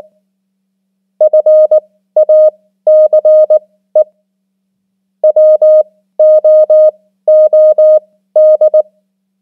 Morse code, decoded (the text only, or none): FACE WOOD